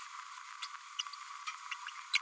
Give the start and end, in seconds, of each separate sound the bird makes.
0.98-1.02, 1.71-1.74, 2.13-2.19